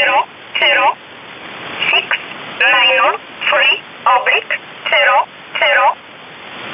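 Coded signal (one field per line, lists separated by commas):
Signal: numbers station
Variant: E11 Oblique, English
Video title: 10 04 2019 E11 Oblique Numbers station in English 1045 on 7317 unknown tx site in USB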